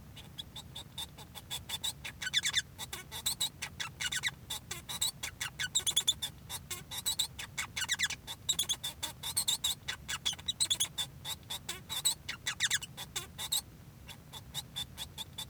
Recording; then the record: song of a male Bengalese finch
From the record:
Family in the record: son of father 1